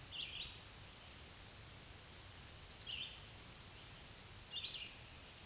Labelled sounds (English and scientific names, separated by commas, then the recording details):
Black-throated Green Warbler (Setophaga virens) song
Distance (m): 25 m
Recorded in a Pennsylvania forest on 1 June 2023 at 07:06
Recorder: AudioMoth, point grid3_8_low
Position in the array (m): 130 m, 91 m